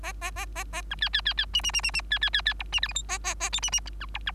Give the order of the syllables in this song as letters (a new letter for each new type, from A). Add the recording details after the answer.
A A A A A B C C C C D D D D D C C C C E D F G H A A A I D D B E B. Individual Bird3